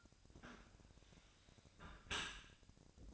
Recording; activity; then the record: daily activity, microphone in the room; close dishwasher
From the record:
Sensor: 2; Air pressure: 1003.0 hPa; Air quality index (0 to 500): 199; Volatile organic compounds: 6 ppm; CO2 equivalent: 1894 ppm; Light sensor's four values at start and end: 24/57/25/27 and 24/57/25/27